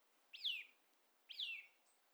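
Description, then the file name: Eurasian nuthatch calling twice, each note a loud falling whistle about a second apart, with a faint high tone near the end. "Sitta europaea"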